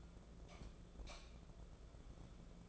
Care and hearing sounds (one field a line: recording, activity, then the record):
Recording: daily activity, microphone in the room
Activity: light off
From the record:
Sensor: 5